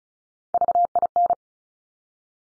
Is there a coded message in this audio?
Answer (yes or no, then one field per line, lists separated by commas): yes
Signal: Morse code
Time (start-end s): 0.5-1.3 s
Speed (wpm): 36 wpm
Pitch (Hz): 700 Hz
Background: none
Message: VIN